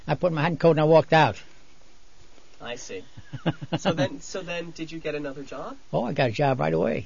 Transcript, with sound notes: I put on my hat and coat and walked out.
I see. (laughs) So then did you get another job?
Oh, I got a job right away.